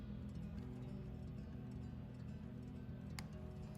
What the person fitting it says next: that's it it'll click see you hear the click now it's completely up